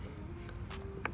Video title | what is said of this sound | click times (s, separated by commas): World's First Chrysler 300C With SRT Light Up Airbag! + First Drive | and you'll plug it into there make sure you hear that snap this one over here will be for the airbag | 1.0 s